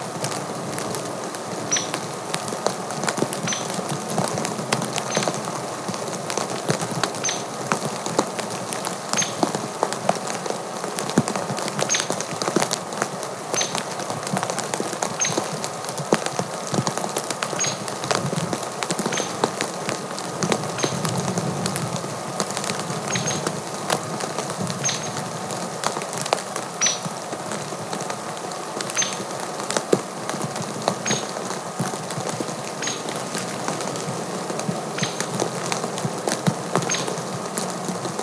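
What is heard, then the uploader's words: Snow falls gently on a cabin deck, a soft, dense patter of tiny ticks that never lets up across the whole recording. The texture stays even throughout, with faint brighter taps scattered here and there and a low, steady hush underneath. A Snowy Cabin (Black Bear Lodge in Baldwin, MI). Gently falling snow outside of a cozy remote cabin. It was recorded with my my Sound Devices MixPre 6 and used both my Sennheiser MKH 416 shotgun mic. Snow gently falling on the deck of the cabin.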